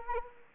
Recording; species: mosquito wingbeat signal from an infrared sensor; Anopheles arabiensis